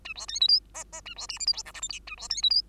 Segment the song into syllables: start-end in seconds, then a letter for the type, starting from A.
0.04-0.14 A, 0.15-0.26 B, 0.28-0.40 C, 0.40-0.48 D, 0.48-0.59 E, 0.74-0.84 F, 0.92-1.01 F, 1.05-1.14 A, 1.16-1.27 B, 1.28-1.39 G, 1.39-1.46 H, 1.46-1.53 I, 1.53-1.63 J, 1.65-1.72 K, 1.74-1.81 L, 1.81-1.88 M, 1.89-1.99 N, 2.07-2.15 A, 2.17-2.28 B, 2.29-2.42 C, 2.42-2.50 D, 2.50-2.61 E